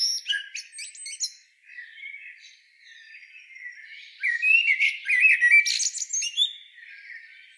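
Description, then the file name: Eurasian blackbird singing: a few varied warbled phrases mixed with high, squeaky twittering notes. "Turdus merula"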